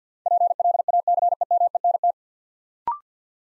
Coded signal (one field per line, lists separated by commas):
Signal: Morse code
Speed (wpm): 50 wpm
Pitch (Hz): 700 Hz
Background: none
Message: PLACEMENT